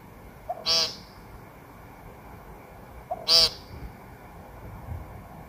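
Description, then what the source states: Woodcock producing two harsh, buzzy nasal calls a few seconds apart, each preceded by a small soft whoop. Captured on a smartphone; a quiet whoop, possibly an in-drawn breath, comes just before every call.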